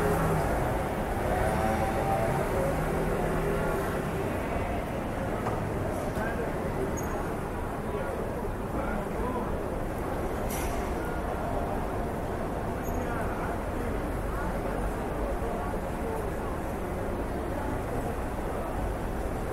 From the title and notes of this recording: City ambience sounds. You will hear sounds of traffic, birds, and the occasional person talking.